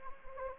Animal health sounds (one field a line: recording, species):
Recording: mosquito wingbeat signal from an infrared sensor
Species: Anopheles gambiae